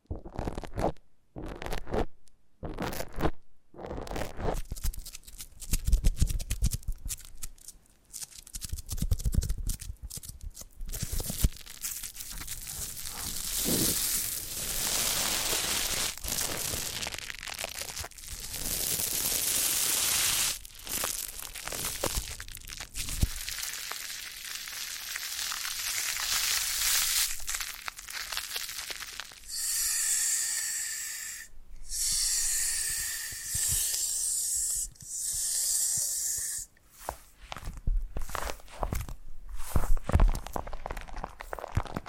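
Foam being rubbed and squeezed in a continuous massage, with soft hissing, crackling friction and shifting, uneven strokes. Brief silent gaps break up the opening seconds, then the rubbing runs steadily with brighter, squeakier passages around 20 and 30 seconds.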